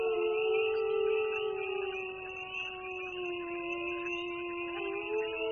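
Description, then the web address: Wolf howling, a long steady low wail that sags slightly in pitch, then lifts again near the end. "sons loups"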